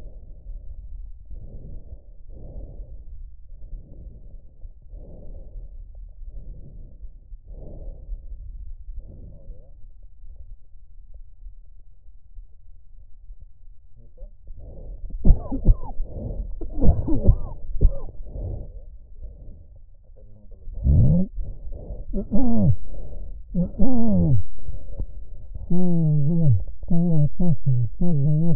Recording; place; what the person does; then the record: lung sounds by stethoscope; right anterior apical chest; quiet breathing, then cough and speech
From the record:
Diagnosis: COPD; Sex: male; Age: 75 years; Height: 182 cm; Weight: 98 kg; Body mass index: 29.6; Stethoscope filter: extended mode